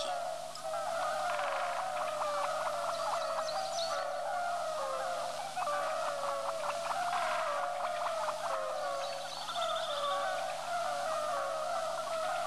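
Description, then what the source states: European fire-bellied toad chorus: soft, mellow hooting calls overlapping continuously. Calling constantly from pools left behind after the flood.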